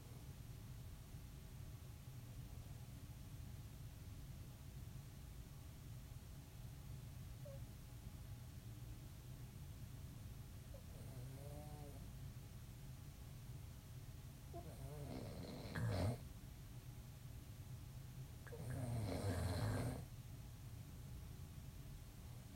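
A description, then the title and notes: Snoring over a steady low hum that fills the whole recording. A faint wavering rasp appears near the middle, then two louder, rougher snores come around 15 and 19 seconds, the second longer and fuller than the first. Snoring woes.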